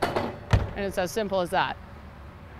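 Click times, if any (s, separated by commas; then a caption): 0.5 s. A heavy-duty drop-down window on the head side of a 2023 Cimarron Norstar 2 Horse Gooseneck trailer is lifted back up into its closed position. Several sharp knocks are heard, and the loudest, last one at 0.5 s is the window latching into the trailer wall. Someone then talks.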